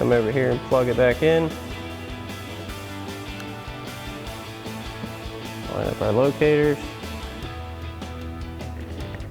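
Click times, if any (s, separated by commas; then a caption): none. A Raxiom Axial Series LED side marker housing for a 2005-2013 Corvette is lined up by its mounting tabs against the opening in the body panel while someone talks over background music. Nothing has seated or clicked yet; the clip ends just before the housing snaps into place.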